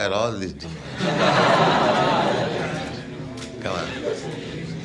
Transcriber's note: laughter